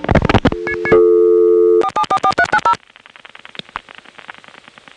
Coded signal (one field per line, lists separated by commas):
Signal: DTMF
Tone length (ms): 70 ms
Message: 4744390